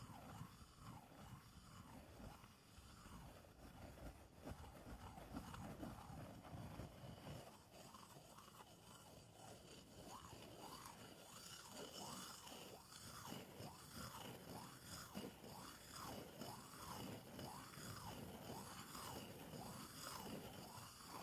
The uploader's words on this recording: Scraping the bottom of the bowl.